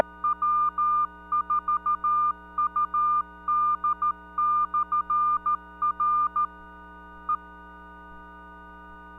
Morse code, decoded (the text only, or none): W4UD/R E